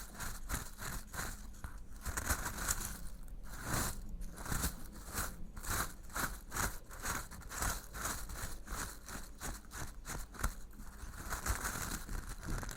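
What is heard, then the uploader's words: Crunchy stirring of something dry, a steady run of scraping, crackling strokes repeating every fraction of a second for the whole stretch. The crunches are bright and gritty, with a few sharper louder strokes near the start and middle, over a faint low hum. Old-Time Riches Crunchy Stirring. NO TALKING.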